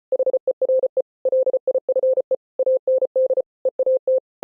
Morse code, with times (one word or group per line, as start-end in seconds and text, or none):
0.1-1.0 HERE
1.3-2.3 LIFE
2.6-3.4 AND
3.7-4.2 EAT